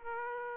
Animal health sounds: mosquito wingbeat signal from an infrared sensor; Aedes aegypti

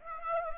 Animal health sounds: mosquito wingbeat signal from an infrared sensor; Aedes aegypti

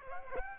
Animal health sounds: mosquito wingbeat signal from an infrared sensor; Aedes aegypti

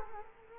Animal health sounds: mosquito wingbeat signal from an infrared sensor; Culex quinquefasciatus

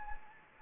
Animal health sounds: mosquito wingbeat signal from an infrared sensor; Anopheles gambiae

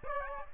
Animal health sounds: mosquito wingbeat signal from an infrared sensor; Aedes aegypti

